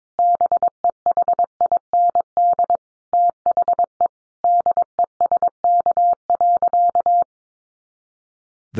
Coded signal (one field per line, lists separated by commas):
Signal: Morse code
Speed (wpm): 22 wpm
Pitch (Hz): 700 Hz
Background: none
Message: BEHIND THE DESK.